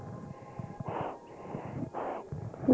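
A nursing infant's breathing, picked up close with the microphone turned up loud while she nurses on a bed; breathing is heard more than anything, with faint slurping.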